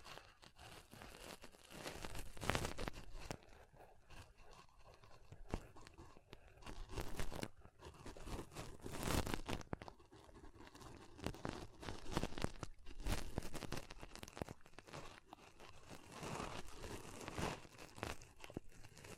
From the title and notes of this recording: ASMR Ultimate Pom Pom Tingles (No Talking).